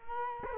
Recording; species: mosquito wingbeat signal from an infrared sensor; Culex quinquefasciatus